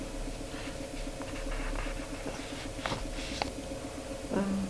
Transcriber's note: turns pages